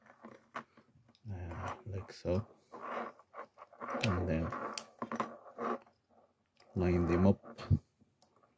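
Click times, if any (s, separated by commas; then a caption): none. The plastic cover halves of a Mazda key fob (Mazda 2 Demio, Mazda 6, Mazda 5, CX-5, CX-3) are picked up and brought together after the battery and contact are placed, ready to be lined up and pressed shut over the battery. Someone talks throughout, with soft plastic taps and handling noises in between. Nothing has seated or clicked yet.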